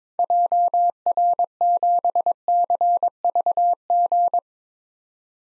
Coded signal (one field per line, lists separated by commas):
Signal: Morse code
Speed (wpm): 21 wpm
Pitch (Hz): 700 Hz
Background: none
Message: JR7CVG